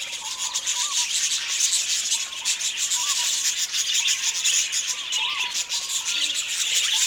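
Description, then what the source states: Budgerigar flock chatter, a loud hissing wall of high twittering with short looping warbled notes repeating throughout. Several budgies.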